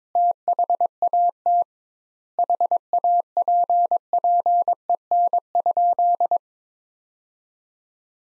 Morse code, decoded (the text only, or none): THAT HAPPEN?